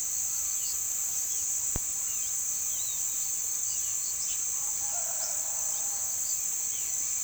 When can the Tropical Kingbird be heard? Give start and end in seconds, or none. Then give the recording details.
none. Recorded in pastures near Puerto Asís, Putumayo, Colombia, on 18 February 2024 at 09:00. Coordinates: 0.468, -76.328. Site G6414